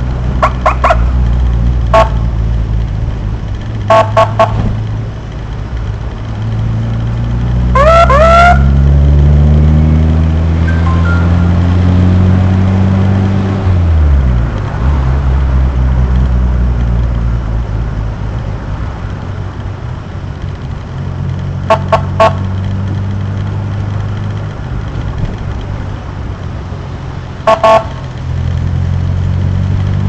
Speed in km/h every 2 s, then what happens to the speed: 33, 28, 29, 30, 38, 45, 51, 51, 44, 38, 33, 36, 38, 33, 32.
0-6 steady at about 29. 6-12 speeds up to 51. 14-19 brakes to 33. 19-24 steady at about 36. 24-28 slows to 32.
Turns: none.